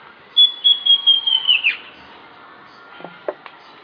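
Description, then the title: Southern Chestnut-tailed Antbird: a brisk string of six or seven high whistled notes falling slightly in pitch, followed by a few faint chips. Subspecies hemimelaena, assumed from the recording location. "LuckyPassaro Completos2Sama. Southern Chestnut-tailed Antbird (Myrmeciza hemimelaena hemimelaena (ssp asumed from location))"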